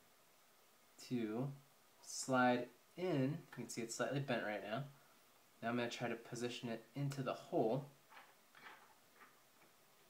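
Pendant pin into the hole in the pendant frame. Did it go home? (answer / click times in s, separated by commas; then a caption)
no / none. Someone talks while handling a rotating pendant, positioning its slightly bent metal triangle so the bottom pin lines up with the hole in the pendant frame. Quiet handling sounds follow the speech, including a brief soft tick near 8.6 s. Nothing has seated or clicked yet; the pin is not yet home.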